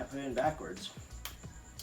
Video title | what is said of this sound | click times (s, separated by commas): Blackmagic Design Pocket 4K Camera Unboxing | Alright, snaps in place. | 1.2 s, 1.8 s